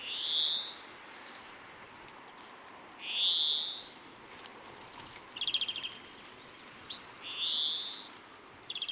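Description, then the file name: European greenfinch giving three drawn-out, wheezy rising calls, with a short twittering trill and a few high chirps between the last two. "Chloris chloris"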